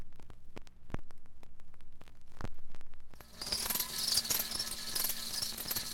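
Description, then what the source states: Cricket: ticking and rattling clicks open the recording, then crickets start a dense high chirping chorus about halfway through. Crickets kept in a wire cage.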